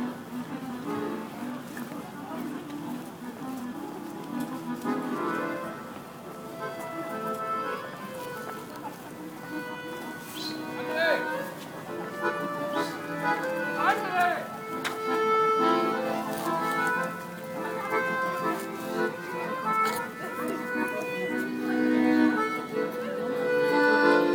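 Outdoor sounds at a city bridge, dominated by a dense, steady murmur of many voices talking. Short rising calls cut through around the middle, and the overall level swells slightly toward the end.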